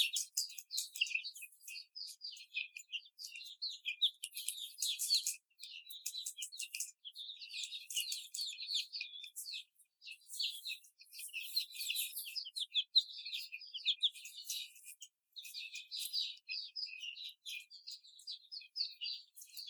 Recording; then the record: young laying hens in a cage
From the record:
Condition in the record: before the stressor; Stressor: simulated dog barking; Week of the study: 4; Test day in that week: 2